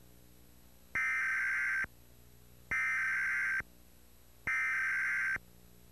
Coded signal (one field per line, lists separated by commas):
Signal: Emergency Alert System (SAME) tones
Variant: header bursts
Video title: Real EAS Test #15 (11/9/11)